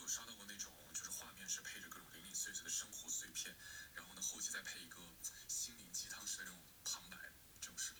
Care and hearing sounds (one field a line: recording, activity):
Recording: daily activity, guitar pickup as the sensor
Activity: browse video